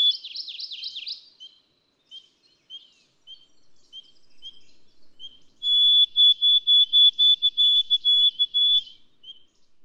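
White-throated sparrow song: a long, pure, high whistle broken into rapid even pulses on one pitch, after a quick run of falling notes and scattered soft high chips.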